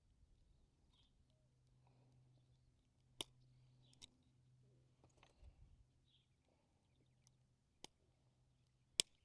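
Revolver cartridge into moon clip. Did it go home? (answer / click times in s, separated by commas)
yes / 3.2 s, 7.8 s, 9.0 s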